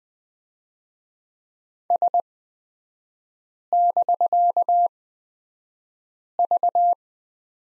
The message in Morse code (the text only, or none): S<BK>V